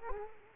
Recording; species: mosquito wingbeat signal from an infrared sensor; Culex quinquefasciatus